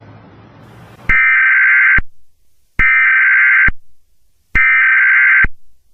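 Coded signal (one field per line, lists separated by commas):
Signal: Emergency Alert System (SAME) tones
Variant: header bursts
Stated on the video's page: Fictional EAS scenario that the page says has valid tones.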